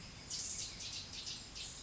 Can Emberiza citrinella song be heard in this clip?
no